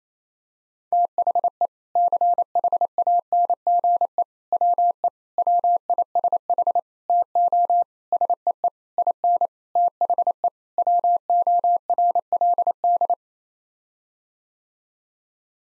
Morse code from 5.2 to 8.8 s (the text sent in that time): WISH TO SEE